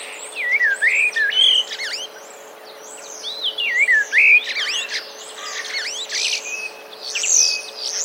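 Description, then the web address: Common starling song: looping slurred whistles and scratchy clicks in quick bursts, several short phrases repeated with pauses, over a low constant hum. Song of common starlings with borrowed imitations of sparrows; recorded 16 March 2024. "wroblowe zapozyczenia szpaki 16 03 2024"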